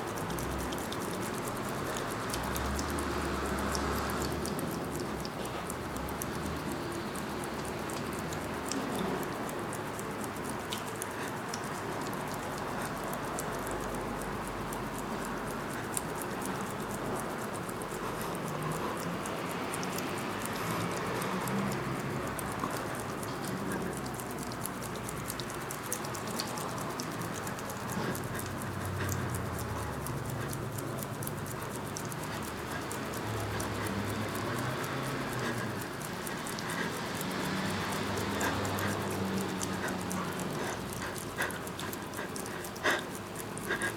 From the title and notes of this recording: Aural Voyeurism: Traffic Island. Ryan has entered an oasis away from all the traffic that is revving by outside. In his auditory space, the traffic is drowned out by the slick texture of his movement.